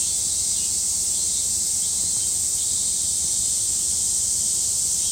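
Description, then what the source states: Continuous shrill cicada chorus, a dense high-pitched buzz that holds steady without pause throughout. Many cicadas heard in summer in a morning recording made at 4:43 a.m.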